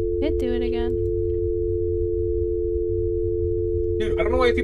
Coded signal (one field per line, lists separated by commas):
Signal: telephone call progress tone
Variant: North America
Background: speech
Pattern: dial tone